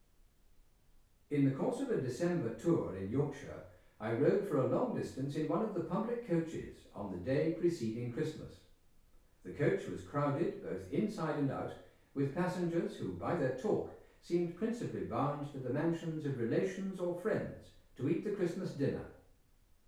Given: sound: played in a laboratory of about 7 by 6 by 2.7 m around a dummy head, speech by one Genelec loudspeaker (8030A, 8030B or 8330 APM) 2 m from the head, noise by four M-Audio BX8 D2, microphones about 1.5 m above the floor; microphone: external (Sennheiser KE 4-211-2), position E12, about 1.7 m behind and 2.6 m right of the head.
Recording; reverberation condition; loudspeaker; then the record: male speech in English; medium; behind (180 degrees)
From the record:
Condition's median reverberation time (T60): about 510 ms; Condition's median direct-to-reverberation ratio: about -0.5 dB